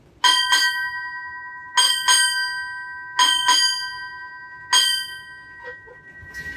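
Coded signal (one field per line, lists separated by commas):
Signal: ship's bell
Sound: seven ringing bell strikes, three pairs then a single, sustained metallic tone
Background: faint room noise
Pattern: 2-2-2-1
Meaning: Seven bells: three and a half hours into the watch, half an hour before relief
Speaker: you got three pairs and a single there at the end so you know you're on the half hour and you know you're coming up on the end of a watch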